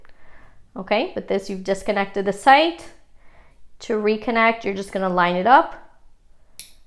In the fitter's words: and you'll hear it click back into place.